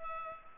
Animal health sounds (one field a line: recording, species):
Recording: mosquito wingbeat signal from an infrared sensor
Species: Culex pipiens